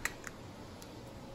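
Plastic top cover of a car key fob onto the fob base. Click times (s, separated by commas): 0.1 s, 0.3 s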